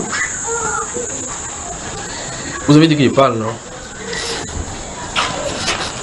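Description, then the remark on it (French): A monkey lets out two loud, wavering, harmonic calls in quick succession, standing out over a steady high-pitched hiss while a person talks before and after. “Ne vous inquiétez pas, le singe qui est là qui faisait du bruit, c'est passé.”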